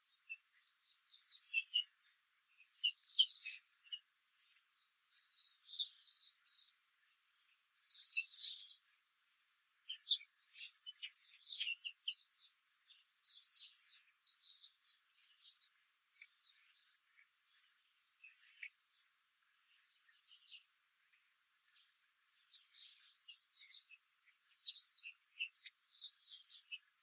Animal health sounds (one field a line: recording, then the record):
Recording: young laying hens in a cage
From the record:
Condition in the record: control cage, after the stress test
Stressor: none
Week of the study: 4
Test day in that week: 1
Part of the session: 2